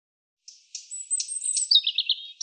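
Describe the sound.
European robin giving a brief high, thin song phrase of sustained whistles and rapid descending trilled notes, with clean silence around it.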